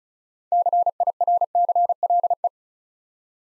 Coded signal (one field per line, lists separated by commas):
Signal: Morse code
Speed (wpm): 36 wpm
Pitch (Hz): 700 Hz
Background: none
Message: CIRCLE